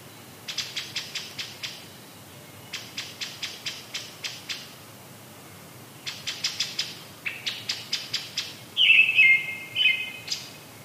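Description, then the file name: Brown-headed thrush song: four runs of dry, evenly spaced ticking notes, closing with a brief warbled, wavering phrase. "akahara"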